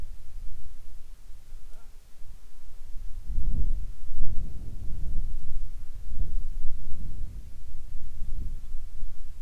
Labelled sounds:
wind
insects
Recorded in the Arctic National Wildlife Refuge, Alaska, on 7 July 2019 at 18:34
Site 41

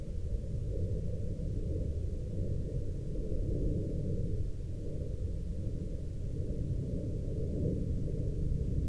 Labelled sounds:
aircraft
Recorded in the Prudhoe Bay oil fields, Alaska, on 17 May 2021 at 20:36
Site 28

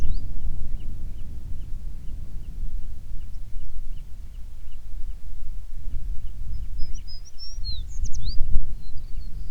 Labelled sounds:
songbird
wind
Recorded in the Prudhoe Bay oil fields, Alaska, on 9 June 2019 at 16:30
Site 21

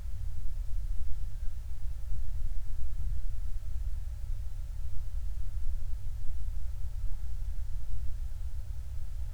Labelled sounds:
songbird
flare stack
vehicle
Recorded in the Prudhoe Bay oil fields, Alaska, on 28 July 2019 at 05:17
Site 25

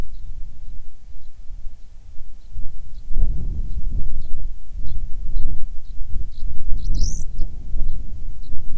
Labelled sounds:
bird
wind
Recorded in the Arctic National Wildlife Refuge, Alaska, on 9 July 2019 at 22:24
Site 48

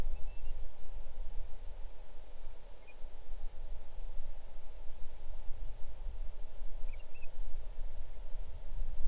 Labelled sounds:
bird
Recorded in the Arctic National Wildlife Refuge, Alaska, on 6 July 2019 at 00:34
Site 39

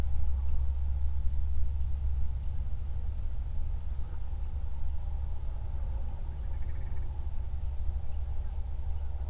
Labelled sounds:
grouse or ptarmigan
wind
man-made sound
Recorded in the Prudhoe Bay oil fields, Alaska, on 31 July 2019 at 08:39
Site 24

